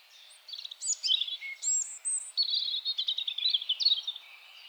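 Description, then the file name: European robin song with thin high whistles and jumbled notes, then a run of rapid ticking notes that carries on for about two seconds. "Erithacus rubecula"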